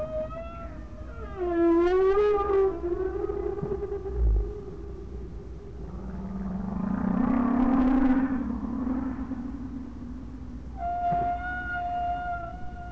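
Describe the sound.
Whale call: a warbling, wavering tonal cry settling into a steady note, then a broad noisy swell and a high thin tone near the end.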